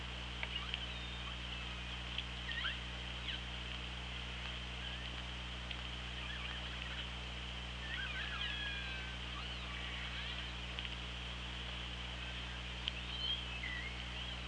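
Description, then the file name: Orca calls, many faint scattered squeals and bending tonal calls under constant hiss and low hum. Recorded by OrcaLab hydrophone on 24 August 2017 at 16:28. "Orca Lab UTLN 20170824 162807"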